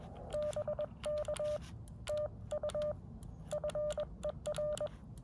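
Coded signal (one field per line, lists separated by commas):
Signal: Morse code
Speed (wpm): 20 wpm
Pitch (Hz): 600 Hz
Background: none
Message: BK TU FER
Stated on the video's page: Morse code park activation (POTA) at a state park using a Xiegu X6100 transceiver and an X-tenna end-fed antenna.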